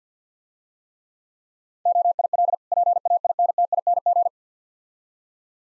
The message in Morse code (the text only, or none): OIL PAINTING